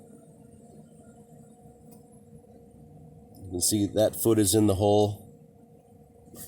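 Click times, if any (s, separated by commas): none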